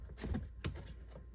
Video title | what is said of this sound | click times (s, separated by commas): Tesla Model 3 Hansshow Audio Upgrade (DIY Cable) | snaps in place. | 0.7 s